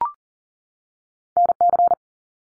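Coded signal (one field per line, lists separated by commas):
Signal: Morse code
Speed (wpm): 40 wpm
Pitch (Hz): 700 Hz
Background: none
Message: NC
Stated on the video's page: Morse code head-copy drill of US state names at 40 wpm, each sent, spoken, then sent again.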